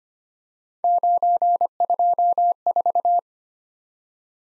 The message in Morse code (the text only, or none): 924